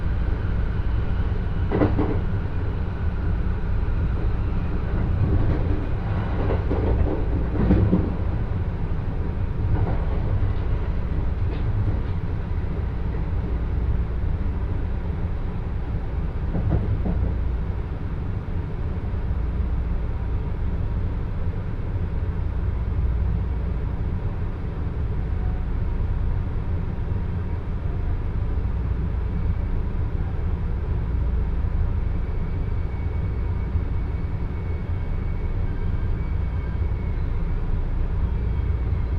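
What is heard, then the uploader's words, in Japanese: A Joban Line local train on the run from Ishioka through Tsuchiura to Toride, heard as a steady low rumble with a heavy bottom end. Clattering knocks and squeaks cluster in the first twenty seconds, around 2, 7, 10 and 17 seconds, then the ride settles into an even drone. 耳で楽しむ鉄道旅 常磐線普通 石岡→土浦→取手。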